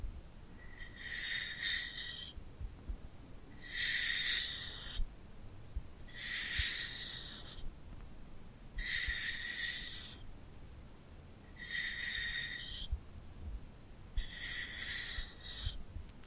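Tingly glued hand sounds come in six regular sticky, crackly bursts about every two and a half seconds, bright and hissy, with quiet gaps between.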